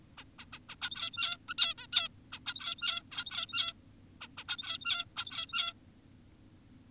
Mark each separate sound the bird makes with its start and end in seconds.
0.18-0.24, 0.39-0.45, 0.53-0.59, 0.69-0.76, 0.82-1.38, 1.48-1.54, 1.58-1.74, 1.78-1.87, 1.93-2.08, 2.32-2.40, 2.46-3.02, 3.12-3.73, 4.21-4.28, 4.38-4.44, 4.48-5.05, 5.17-5.74